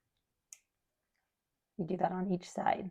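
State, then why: Seated. A small plastic wire splice connector (IDC splice) is squeezed shut with pliers over the repaired wires of a SNOO bassinet safety clip and seats with a single sharp click at 0.5 s. Afterward, someone talks.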